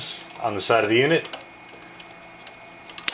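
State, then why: Released. Someone talks, then after both side release buttons are pressed on an Icy Dock Blizzard 3.5-inch external hard drive enclosure of plastic/aluminium, its rear fan module is pulled out. Faint ticks come at about 2.5, 2.9 and 3.0 s before a sharp click at 3.1 s as the fan module pops free of its snap latches and is released from the enclosure.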